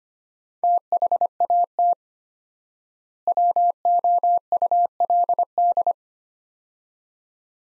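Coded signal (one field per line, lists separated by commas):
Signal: Morse code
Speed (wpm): 25 wpm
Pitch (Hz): 700 Hz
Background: none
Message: THAT WOULD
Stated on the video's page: Morse practice of two-word sets at 25 wpm with 4x word spacing, a Farnsworth-like method applied to words, for head-copy training.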